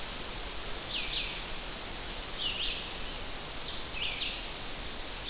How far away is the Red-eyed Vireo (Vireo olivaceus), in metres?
about 40 m